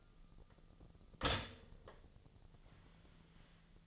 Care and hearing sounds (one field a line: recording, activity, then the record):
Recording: daily activity, microphone in the room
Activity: stop toaster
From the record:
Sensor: 4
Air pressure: 1010.1 hPa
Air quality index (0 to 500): 180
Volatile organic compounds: 5 ppm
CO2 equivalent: 1819 ppm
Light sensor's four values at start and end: 23/70/27/27 and 23/69/27/27